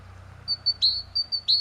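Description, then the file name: Great tit giving a few thin, high notes and two downslurred strokes, short and lively over a soft low hum. "Parus major"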